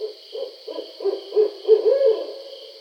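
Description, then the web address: Barred owl giving a rapid string of deep, throaty hoots that build to a longer, wavering final note, over a steady high hum. Recorded 20 July 2012. "Barred Owl 2012 07 20 Barred Owl"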